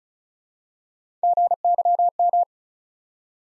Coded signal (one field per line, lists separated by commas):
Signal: Morse code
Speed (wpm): 36 wpm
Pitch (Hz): 700 Hz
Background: none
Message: GYM